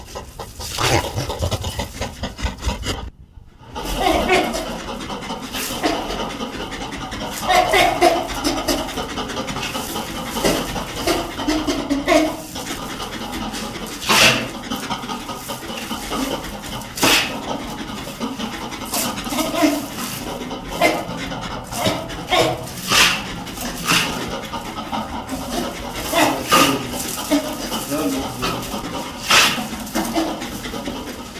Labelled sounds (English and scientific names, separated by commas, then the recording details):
Indian Crested Porcupine (Hystrix indica) call
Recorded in captivity
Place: Zoopark Erfurt, Thüringen, DE
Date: 1968-10-10
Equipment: Uher 4000 Report-S, Sennheiser MD 421
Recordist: Tembrock, Günter
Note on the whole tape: Abwehrlaute und Rasseln (leise), als Tier vom Pfleger mit einem Besen bedrängt wird. Zwei Tiere. Entfernung 2 bis 4 m